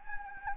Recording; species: mosquito wingbeat signal from an infrared sensor; Anopheles gambiae